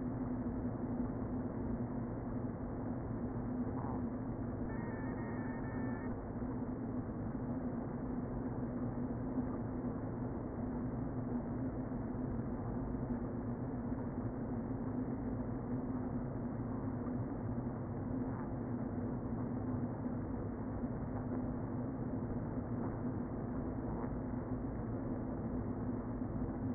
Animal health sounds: honeybee colony, microphone inside the hive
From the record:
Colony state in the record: queen present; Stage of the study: before two queens were removed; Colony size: about 60,000 bees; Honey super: yes

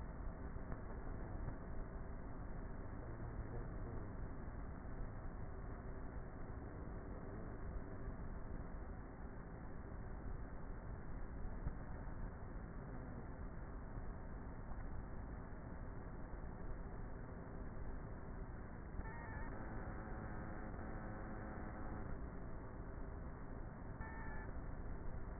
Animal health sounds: honeybee colony, microphone inside the hive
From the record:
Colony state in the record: queenless with a low population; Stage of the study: before two queens were removed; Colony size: about 30,000 bees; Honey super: no

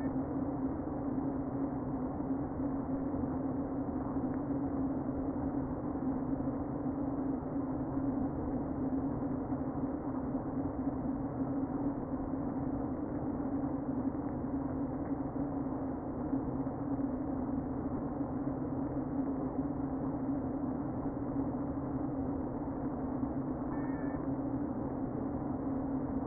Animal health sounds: honeybee colony, microphone inside the hive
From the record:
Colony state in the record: queen present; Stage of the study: before two queens were removed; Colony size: about 60,000 bees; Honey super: yes

